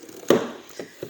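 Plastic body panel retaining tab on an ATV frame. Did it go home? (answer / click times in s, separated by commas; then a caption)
released / 0.3 s. A flathead screwdriver pushes in a plastic retaining tab on the body panel of a Honda TRX-250 Recon ATV frame. A sharp pop at 0.3 s marks the tab popping free and releasing, followed by a fainter tap near 1.0 s.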